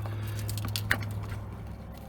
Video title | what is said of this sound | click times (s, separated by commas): Dodge Caravan Fog / Driving Light Easy Replacement | It's locked into place, | 0.9 s